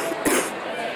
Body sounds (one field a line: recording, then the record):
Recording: coughing mixed with background sound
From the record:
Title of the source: 34 coughing up crap again